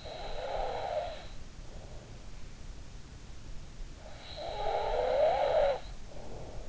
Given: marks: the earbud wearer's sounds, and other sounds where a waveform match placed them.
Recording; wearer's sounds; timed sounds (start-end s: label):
sounds in sleep by an in-ear microphone; snoring breath
0.00-2.09 s: snoring breath
4.08-6.69 s: snoring breath